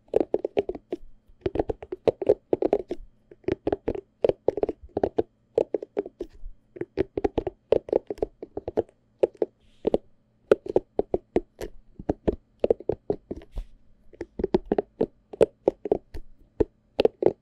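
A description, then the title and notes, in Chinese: Massage-tool and comb triggers make a stream of short tapping and knocking sounds, arriving in quick irregular clusters with brief pauses between groups. Each hit is dry and mid-toned with a crisp edge, and a faint low hum sits steadily underneath. 梳子&按摩器具觸發。Massage Triggers。NO Talking。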